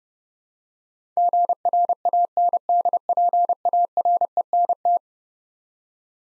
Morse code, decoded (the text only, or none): GRANDPARENT